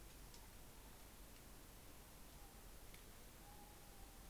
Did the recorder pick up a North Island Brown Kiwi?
no